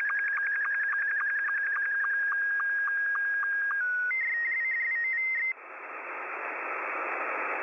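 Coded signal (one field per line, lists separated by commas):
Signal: SSTV (slow-scan television)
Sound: steady whistling tone ticked by rapid regular low blips, shifting pitch, then hiss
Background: radio static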